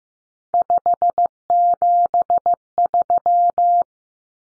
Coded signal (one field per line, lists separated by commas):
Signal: Morse code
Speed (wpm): 14 wpm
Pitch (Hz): 700 Hz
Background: none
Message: 573